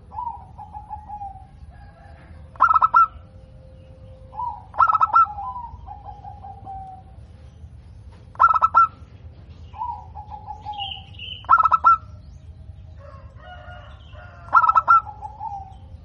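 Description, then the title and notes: Zebra dove song: five short bursts of rapid staccato cooing notes every few seconds, with softer falling cooing phrases between them. Local (lokal) bird, described as singing actively (gacor) with a clear, ringing, loud voice (suara kristal lantang). "PERKUTUT LOKAL GACOR Suara KRISTAL LANTANG. Kicau Burung Perkutut"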